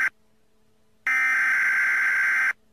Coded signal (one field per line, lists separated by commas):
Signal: Emergency Alert System (SAME) tones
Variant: header bursts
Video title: Caillou Hacks the Emergency Alert System/Grounded